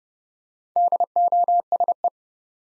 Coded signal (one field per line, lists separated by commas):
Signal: Morse code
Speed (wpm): 30 wpm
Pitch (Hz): 700 Hz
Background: none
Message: DOSE